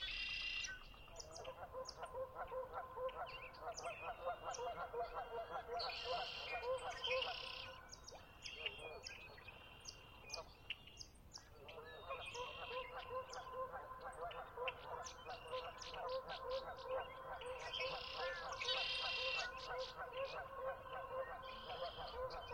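Dawn chorus at Conner's Lake on a chilly spring morning. A dense, pulsing run of mid-pitched calls fills most of the clip, easing off briefly around 9 to 11 seconds. Bright bird chirps and tweets scatter over the top, with a soft low rumble underneath.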